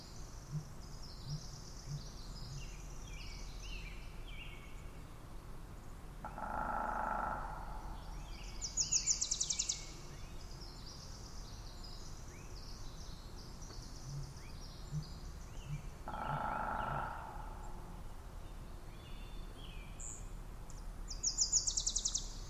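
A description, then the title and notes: Birds call from the forest with high, chattering notes heard throughout, growing louder and busier near 9 and 22 seconds. Two longer, buzzy mid-pitched tones stand out around 7 and 16 seconds, over a steady low rumble of outdoor background noise. Spring is when Olympic is at its most musical.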